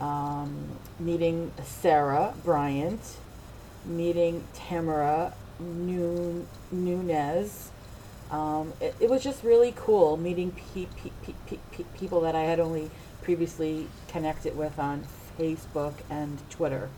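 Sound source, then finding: Adult woman speaking. Stuttering.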